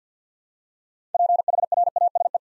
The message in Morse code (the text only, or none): PHRASE